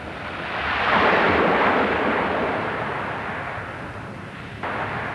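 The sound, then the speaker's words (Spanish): A broad, hissing wash of sea waves swells up over the first second, peaks, then slowly recedes into a steady surf rumble, with no voices. “Ah, oh, el mar.”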